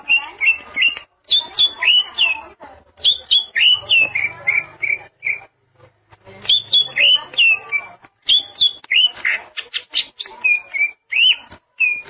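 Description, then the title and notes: Greater green leafbird singing fast phrases of bright down-slurred whistles and chips, broken by a quiet gap around six seconds before the song resumes. "Suara Kicauan Burung Cucak Ijo"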